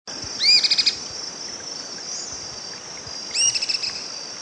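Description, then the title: Bird calling twice: a high upswept note followed by a rapid string of clipped pulses, repeated about three seconds later, with a constant high-pitched buzz behind. "LuckyPassaro Completos2Sama"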